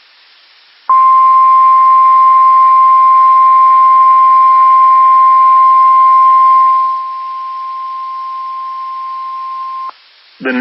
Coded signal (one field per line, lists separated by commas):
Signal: Emergency Alert System (SAME) tones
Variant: 1050 Hz attention tone